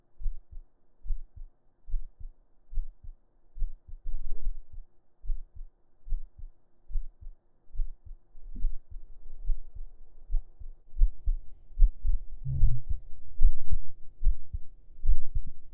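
Steady low heartbeat thumps, about 73 a minute, heard with the ear lying on an adult's bare chest under the shirt, with some clothing rustle; an ordinary normal heartbeat.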